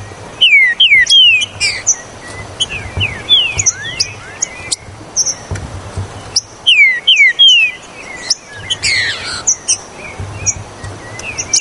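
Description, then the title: Green-winged saltator song: clear falling whistles given in two bursts, mixed with thin high chirps, clicks and a low background hum. "Trinca Ferro Ao Maximo Trinca Ferro Maquin"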